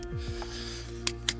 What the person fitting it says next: Click. Next one.